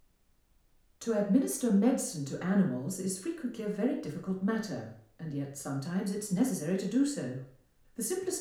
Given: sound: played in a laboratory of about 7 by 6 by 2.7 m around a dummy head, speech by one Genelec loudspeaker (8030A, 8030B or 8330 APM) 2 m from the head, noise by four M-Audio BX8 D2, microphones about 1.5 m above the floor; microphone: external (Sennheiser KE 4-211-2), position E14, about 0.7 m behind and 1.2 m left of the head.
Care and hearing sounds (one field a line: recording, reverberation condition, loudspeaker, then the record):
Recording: female speech in English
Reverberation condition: medium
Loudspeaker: behind (180 degrees)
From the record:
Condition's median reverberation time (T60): about 510 ms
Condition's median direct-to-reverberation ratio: about -0.5 dB